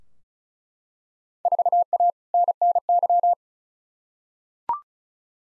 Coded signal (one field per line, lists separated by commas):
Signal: Morse code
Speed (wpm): 36 wpm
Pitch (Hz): 700 Hz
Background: none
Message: 4A NNY